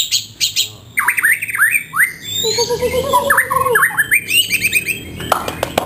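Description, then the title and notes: White-rumped shama song: varied whistled phrases with sliding, upswept notes, a low repeated trill midway and sharp clicks near the end. Caged-bird training (masteran) song of the White-rumped shama. "Suara Kicau Burung Murai Batu. burung murai buat masteran"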